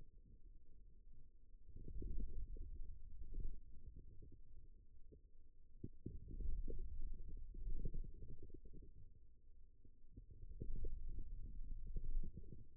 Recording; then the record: forearm muscle sounds (acoustic myography)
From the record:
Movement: wrist flexion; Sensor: system 2, bracelet of six BSWA MPA416 microphones around the upper forearm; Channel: 6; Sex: male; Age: 22 years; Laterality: right